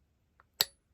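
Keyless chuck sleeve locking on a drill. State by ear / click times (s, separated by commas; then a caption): seated / 0.6 s. The keyless chuck sleeve on a Black & Decker drill is hand-tightened until its locking mechanism engages, so the chuck will not back off. A faint tick at 0.4 s is followed by a sharp, bright click at 0.6 s that fades quickly. The chuck is locked.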